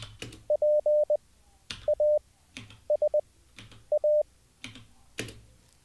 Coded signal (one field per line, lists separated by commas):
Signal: Morse code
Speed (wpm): 20 wpm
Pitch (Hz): 600 Hz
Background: none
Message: P A S A